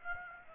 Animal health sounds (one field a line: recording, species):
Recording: mosquito wingbeat signal from an infrared sensor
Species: Aedes aegypti